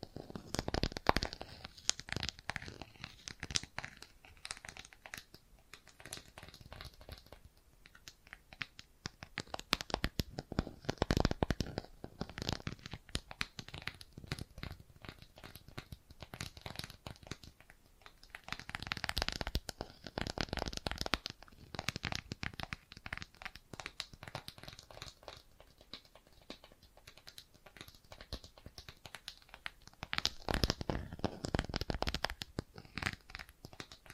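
Bracelets and jewelry boxes being handled, with dense bursts of crinkling, clicking rattles that swell around 1, 11, 20 and 31 seconds.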